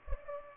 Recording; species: mosquito wingbeat signal from an infrared sensor; Culex pipiens